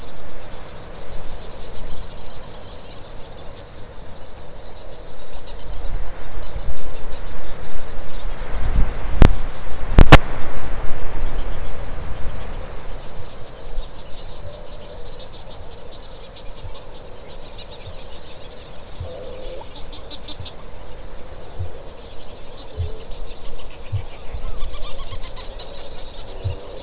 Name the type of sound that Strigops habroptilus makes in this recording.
boom